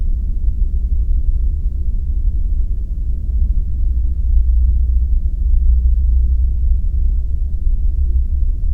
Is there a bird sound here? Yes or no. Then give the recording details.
no. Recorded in the Arctic National Wildlife Refuge, Alaska, on 3 September 2019 at 11:29. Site 35